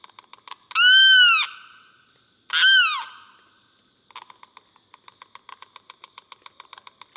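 Limpkin calling: two loud, harsh, arching wails about two seconds apart, followed by a rapid series of dry clicking ticks.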